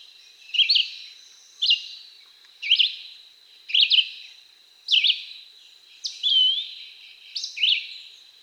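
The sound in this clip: Red-eyed Vireo song: short, slurred whistled phrases, each rising or falling, repeated about once a second with brief pauses, over a steady high background hiss.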